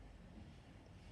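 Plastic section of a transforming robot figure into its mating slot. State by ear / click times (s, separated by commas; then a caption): not seated / none. A plastic section of a transforming robot figure is being handled and moved toward its mating slot during transformation. Only a steady low rumble with broad noise is heard, and nothing has seated or clicked yet.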